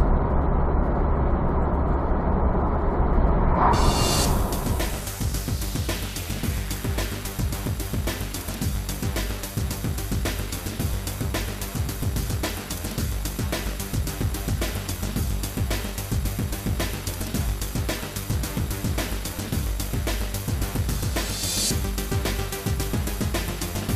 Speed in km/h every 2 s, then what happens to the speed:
75, 77, 78, 78, 75, 72, 70, 68, 65, 66, 67, 69.
0-6 steady at about 77. 6-16 slows to 65. 16-24 steady at about 66.